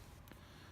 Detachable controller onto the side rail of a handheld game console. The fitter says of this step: but I heard a little click and I think that's that's in